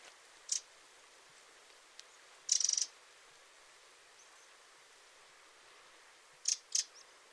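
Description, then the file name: Eurasian wren calls, brief high ticking notes and a short rattled burst, scattered with long quiet gaps between. "Troglodytes troglodytes"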